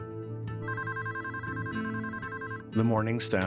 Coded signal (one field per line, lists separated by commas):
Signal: none